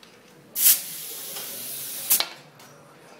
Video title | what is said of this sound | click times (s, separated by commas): how to repair a flat tire | I just heard it pop, which is good. | 2.2 s